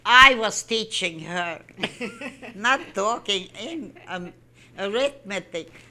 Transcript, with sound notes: "I was teaching her!" (They laugh.) Not talking Eng.. arithmetic.